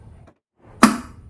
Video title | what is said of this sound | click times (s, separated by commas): Miele TRIFlex HX2 PRO vacuum Review | and then close the bottom and it'll clip in place so you'll hear a click | 0.8 s